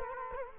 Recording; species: mosquito wingbeat signal from an infrared sensor; Culex quinquefasciatus